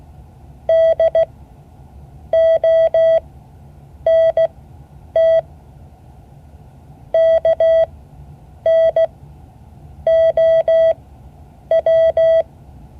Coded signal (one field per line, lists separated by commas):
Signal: Morse code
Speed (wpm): 16 wpm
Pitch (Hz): 650 Hz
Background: none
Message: DONT KNOW